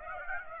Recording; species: mosquito wingbeat signal from an infrared sensor; Aedes aegypti